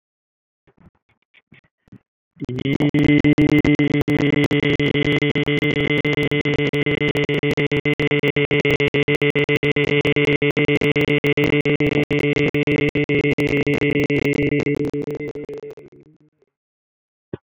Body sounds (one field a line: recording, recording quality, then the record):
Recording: sustained vowel as in beet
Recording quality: poor, much background noise or distortion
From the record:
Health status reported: healthy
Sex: male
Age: 47 years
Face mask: not worn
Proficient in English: yes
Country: India